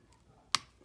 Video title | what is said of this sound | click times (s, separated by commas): iPhone 7 Cracked Screen Repair | that's the click will trying to listen | 0.5 s